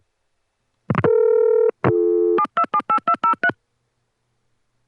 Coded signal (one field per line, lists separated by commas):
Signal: DTMF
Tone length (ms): 70 ms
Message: 7278203